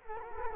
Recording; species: mosquito wingbeat signal from an infrared sensor; Culex quinquefasciatus